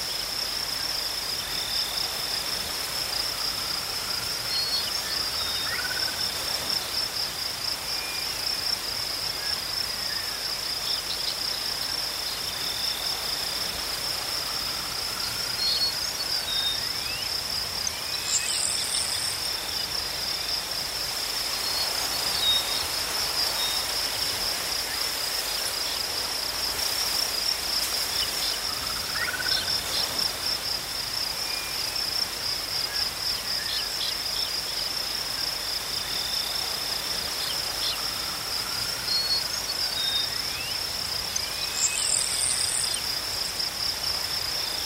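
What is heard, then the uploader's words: Insects in tall grass keep up a steady, high, unbroken trill that runs through the whole clip at an even level. A few short, high bird calls break in now and then, around twenty seconds and again near the end, with softer chirps between. Birds & Bugs in Tall Harvest Grass. The gentle chirping of birds and buzzing of insects. This episode features only natural soundscapes with no dialogue or voice.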